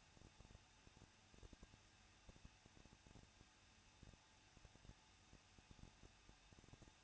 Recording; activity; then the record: daily activity, microphone in the room; no activity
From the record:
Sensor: 2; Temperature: 21.0 degrees Celsius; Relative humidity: 37.4%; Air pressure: 1006.2 hPa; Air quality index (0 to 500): 222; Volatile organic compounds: 24 ppm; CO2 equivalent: 2806 ppm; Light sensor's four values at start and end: 2/3/2/2 and 2/3/2/2